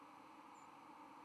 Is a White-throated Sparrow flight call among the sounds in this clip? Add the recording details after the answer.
yes. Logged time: 04:15 on 31 October 2014